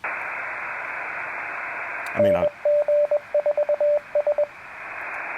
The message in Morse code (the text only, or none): NG4S